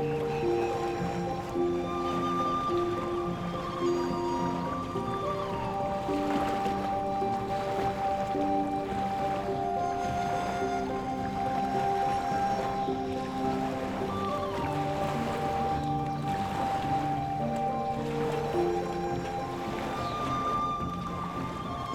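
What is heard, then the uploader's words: Soft flutes play long, slow held notes in a calm melody, with a few tones lingering over lower sustained pitches. Beneath them, ocean waves wash in steadily, swelling and easing every few seconds at an even, unchanging level throughout. Gentle Flutes at the Ocean's Edge.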